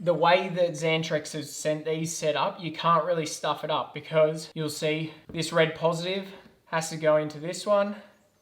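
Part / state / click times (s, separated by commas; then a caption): positive MC4 solar cable connector into mating MC4 connector / not seated / none. A red positive MC4 solar cable connector from a Xantrex setup is handled and lined up with its mating MC4 connector while someone talks throughout. No click is heard; the connector has not seated or clicked in yet.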